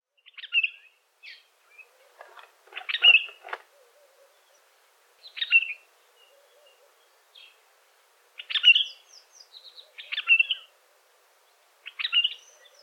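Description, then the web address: African red-eyed bulbul giving repeated liquid, chattering phrases in short bursts every couple of seconds, with softer notes between them. "African red eyed bulbul. بلبل-چشم-سرخ"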